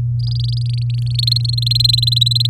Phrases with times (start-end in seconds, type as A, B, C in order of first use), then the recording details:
0.19-1.16 A, 1.19-2.47 B. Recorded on 6 May 2018 at 06:15. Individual llb16